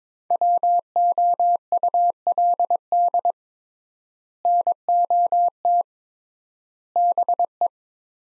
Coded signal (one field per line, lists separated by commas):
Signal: Morse code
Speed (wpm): 22 wpm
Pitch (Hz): 700 Hz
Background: none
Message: WOULD NOT BE